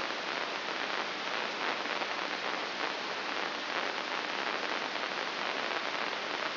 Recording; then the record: brain microelectrode recording played as sound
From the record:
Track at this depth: inside the subthalamic nucleus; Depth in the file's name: 5.816 mm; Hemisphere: left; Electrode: 2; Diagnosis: Parkinson's disease